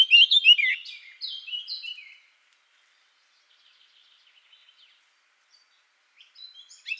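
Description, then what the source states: Eurasian blackcap song: a loud burst of fluty whistled notes and scratchy phrases for two seconds, then near silence with faint twitters, and a new strophe beginning at the end. Recorded 17 June 2014 in Garching.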